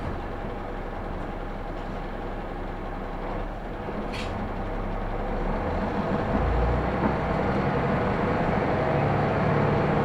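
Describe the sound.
A train runs on the Kyudai Main Line between Tanushimaru and Kurume, a steady, dense rumble of wheels and motor that grows slightly louder after the midpoint. A brief high squeal cuts in around four seconds, and a low thud follows near six and a half.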